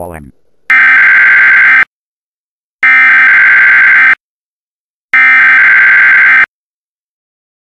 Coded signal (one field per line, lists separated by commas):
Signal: Emergency Alert System (SAME) tones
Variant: header bursts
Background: speech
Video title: EAS mock-up: Blizzard 2010 State of Emergency for PA